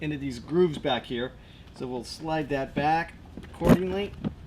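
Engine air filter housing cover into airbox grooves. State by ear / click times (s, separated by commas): not seated / none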